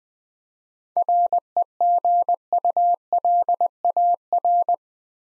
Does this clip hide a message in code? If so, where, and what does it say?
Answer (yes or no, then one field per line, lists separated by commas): yes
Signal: Morse code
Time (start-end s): 1.0-4.7 s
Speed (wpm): 20 wpm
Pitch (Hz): 700 Hz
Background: none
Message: REGULAR